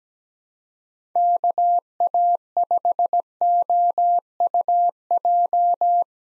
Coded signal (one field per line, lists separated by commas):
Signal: Morse code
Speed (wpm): 17 wpm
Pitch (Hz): 700 Hz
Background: none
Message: KA5OUJ